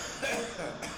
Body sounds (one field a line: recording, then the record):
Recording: coughing mixed with background sound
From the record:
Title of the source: Wet Throat Infection Cough